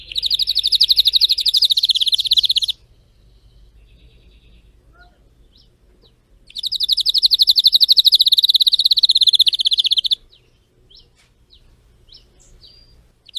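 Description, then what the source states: Canary (Spanish Timbrado): canary song: two long bursts of fast, buzzy rolling trill, separated by several seconds of near silence. Song of a Spanish Timbrado canary, called 'canário belga' in the Portuguese source.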